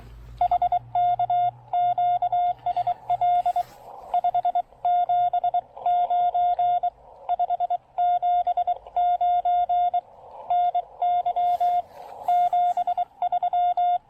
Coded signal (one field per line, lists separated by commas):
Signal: Morse code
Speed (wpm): 22 wpm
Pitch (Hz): 710 Hz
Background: none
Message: HK QSL 579 579 NY 73